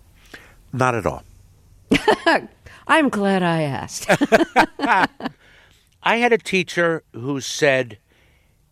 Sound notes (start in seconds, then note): 1.9 laughter; 4.0 laughter